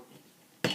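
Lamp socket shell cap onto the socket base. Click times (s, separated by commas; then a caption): 0.6 s. The metal shell cap of a lamp socket is pushed back down over a new switch onto the socket base, with only faint low background sound at first. At 0.6 s there is a sharp, bright snap as the cap seats into place.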